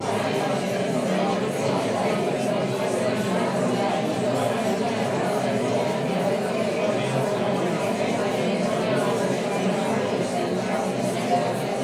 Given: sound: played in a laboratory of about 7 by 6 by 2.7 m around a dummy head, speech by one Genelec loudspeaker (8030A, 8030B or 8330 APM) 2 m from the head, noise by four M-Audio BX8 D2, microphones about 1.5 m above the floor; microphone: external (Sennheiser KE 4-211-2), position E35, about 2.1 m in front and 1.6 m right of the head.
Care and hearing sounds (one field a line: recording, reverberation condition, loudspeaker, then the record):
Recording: babble noise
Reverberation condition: medium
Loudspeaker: four, about 170 cm from the corners of the room and facing them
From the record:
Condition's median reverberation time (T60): about 510 ms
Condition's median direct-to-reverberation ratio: about -0.5 dB